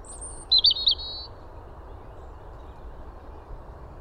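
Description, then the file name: European robin song: a faint high note, then one short, high, warbled phrase near the start, then only a soft background hiss. "Erithacus rubecula"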